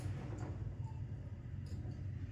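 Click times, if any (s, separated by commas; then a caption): none. A circlip is handled onto a gearbox shaft from a BMW GS 310 / Apache 310RR bike engine, with its flat surface facing up, to lock into the shaft groove. Only a steady low hum with faint light rustling is heard. The circlip has not seated or clicked yet.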